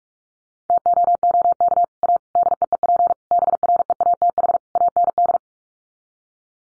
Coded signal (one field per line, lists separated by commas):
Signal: Morse code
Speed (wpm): 44 wpm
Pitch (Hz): 700 Hz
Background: none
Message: TOOK A DEEP BREATH AND